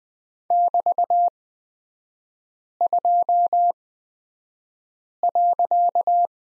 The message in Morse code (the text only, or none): <BT>2.